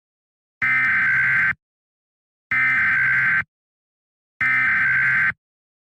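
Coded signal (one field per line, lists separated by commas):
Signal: Emergency Alert System (SAME) tones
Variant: header bursts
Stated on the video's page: Fictional alert scenario made for entertainment, containing valid alert tones.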